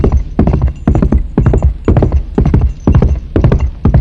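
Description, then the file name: Galloping horse, its hooves striking in rapid grouped beats roughly twice a second, loud and continuous throughout. "cheval galot"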